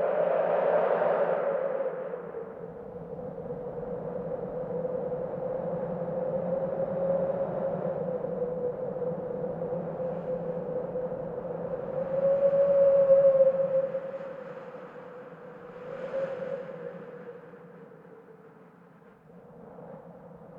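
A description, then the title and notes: Desert wind blows in a low, steady roar with a hollow moaning tone, gusting louder near the start and again around thirteen seconds. Desert Wind White Noise.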